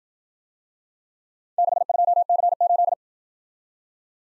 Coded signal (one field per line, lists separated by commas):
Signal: Morse code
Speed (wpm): 51 wpm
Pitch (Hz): 700 Hz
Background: none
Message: 62C8